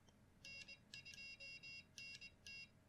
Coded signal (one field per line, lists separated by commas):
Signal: Morse code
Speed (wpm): 21 wpm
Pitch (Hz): 2750 Hz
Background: none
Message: N2NT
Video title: CW Practice Software | Perfect CW!